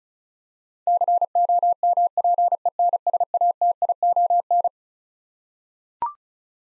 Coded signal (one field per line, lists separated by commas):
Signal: Morse code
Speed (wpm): 36 wpm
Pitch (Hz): 700 Hz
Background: none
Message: COMPENSATION